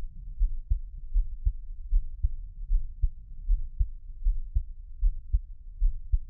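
Steady, soft low thumps come in paired beats at about 77 beats a minute with an even rhythm. An adult heartbeat picked up close by a black 3Dio binaural microphone for ASMR, with only a faint low hum behind it.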